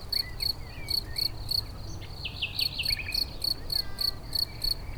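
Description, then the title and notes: Cricket song of sharp high chirps repeated several times per second, with a bird's rapid varied notes mixed in and a faint low rumble beneath. Edge of a cricket-rich meadow near Chindrieux, France; nightingale singing in bushes about fifty metres away; west wind carrying motorbike noise from the lake road. "271 Rue de Vars, 73310 Chindrieux, France - Grillons et rossignol. Au bord d'une prairie riche en grillons, un rossignol chante dans des buissons à une cinquantaine de mètre , le vent d'Ouest amène le son des motos qui circulent sur la route du tour du lac, des enfants jouent avec un poulain"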